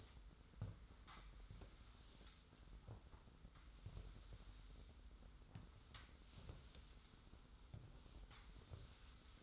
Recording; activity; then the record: daily activity, microphone in the room; sweep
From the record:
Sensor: 3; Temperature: 25.5 degrees Celsius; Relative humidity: 40.5%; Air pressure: 991.3 hPa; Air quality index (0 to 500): 141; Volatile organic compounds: 321 ppm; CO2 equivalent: 4526 ppm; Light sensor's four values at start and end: 46/126/51/46 and 42/107/44/38